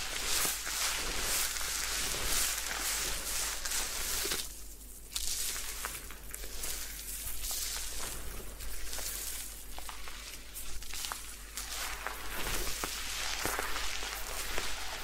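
A head spa session with hair washing and massage fills the clip with dense, steady rubbing and crinkling sounds, bright and continuous. Short scratchy bursts and soft taps recur irregularly throughout, with a brief quieter lull just before the five-second mark.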